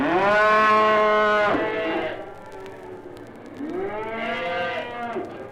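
Cattle lowing, two loud drawn-out moos, the first strong and steady, the second rising into a bright arc after a brief quieter gap.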